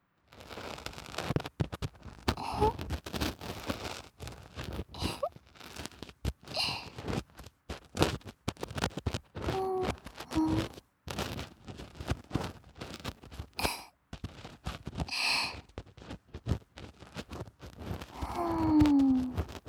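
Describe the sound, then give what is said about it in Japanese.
Dense, crackly scratching of an ear pick working inside a left ear, with rapid irregular rasps and clicks that swell and fade, broken by a few brief soft vocal murmurs. “お姉ちゃんの癒やし耳かき・左耳”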